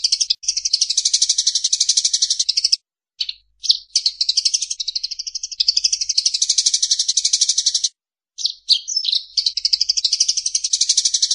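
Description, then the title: High-pitched Van Hasselt's sunbird song of sustained buzzy trills, fast pulsing notes running for seconds, separated by short gaps and scattered squeaky chips. Chosen as a master song for training caged birds; described as melodious, clear and loud. "Suara Kolibri Ninja Pilihan MERDU, JELAS DAN LANTANG Cocok Dijadikan Masteran Burung Anda"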